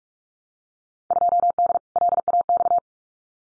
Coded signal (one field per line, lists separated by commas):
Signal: Morse code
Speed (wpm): 46 wpm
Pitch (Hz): 700 Hz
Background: none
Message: 2D LAX